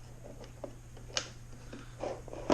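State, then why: Not seated. The small drawer of a 1930s Cameron surgical device is handled and pushed toward closed against its detent catch. A steady low hum runs under light scrapes and brief sharp taps. The clip ends before the drawer goes home, and nothing has seated or clicked yet.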